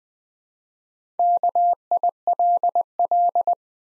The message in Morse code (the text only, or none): KILL